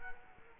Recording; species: mosquito wingbeat signal from an infrared sensor; Culex quinquefasciatus